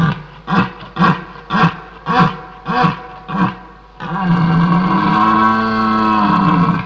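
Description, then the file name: Red deer roaring: a run of six short, deep grunting roars about every half second, then one long, sustained bellow. "Hirsch"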